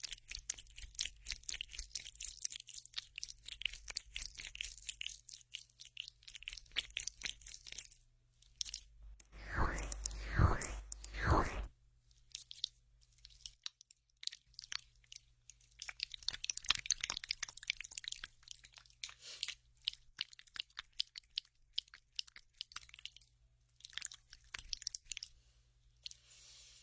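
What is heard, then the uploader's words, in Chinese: Aloe gel ear spa sounds: sticky, crackly squishing in dense bursts, a louder swishing rub near ten seconds, and a faint steady hum underneath. 超爽の芦荟胶耳朵SPA。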